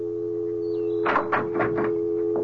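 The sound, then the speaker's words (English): A door opens as someone walks in: a short series of rattling, clattering bursts over a steady, unbroken electronic hum, then a final softer knock near the end. “Hold on to the phone and see what happens when I walk in that door.”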